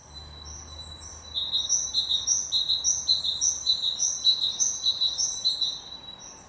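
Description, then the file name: Great tit song: a bright, repeated two-note phrase in a steady, rapid rhythm, growing louder after the first second and continuing to the end. "Parus major"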